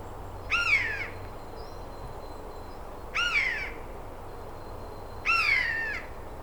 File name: Garrulus glandarius